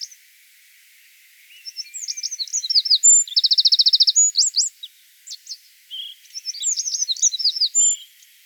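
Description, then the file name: Eurasian wren, a shrill burst of rapid twittering notes around a hard, even trill, followed after a gap by another fast, sharp phrase. "Troglodytes troglodytes"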